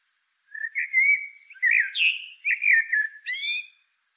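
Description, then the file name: Common blackbird song: one long, flowing phrase of fluty warbled whistles, rising and falling, closing with a thinner, higher flourish. "Turdus merula"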